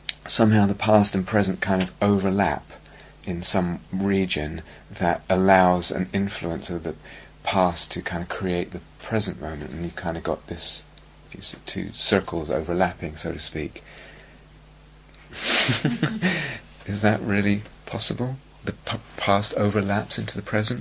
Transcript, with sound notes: "Somehow, the past and present kind of overlap in some region that allows an influence of the past to kind of create the present moment, and you've kind of got these two circles overlapping, so to speak." [laughs] Is that really possible? The past overlaps into the present?